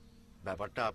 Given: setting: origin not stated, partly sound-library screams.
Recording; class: one-second piece from a danger detection set; normal situation